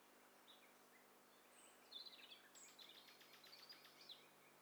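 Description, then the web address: Bird calls from several birds, brief high chips and whistles, then a rapid buzzy series of repeated notes in the second half, over a faint constant hum. Several birds calling together, in stereo. "Hi Fi STEREO BIRD COCKTAIL PARTY Challenge SBCP TESTSET HDBird Cocktail Party"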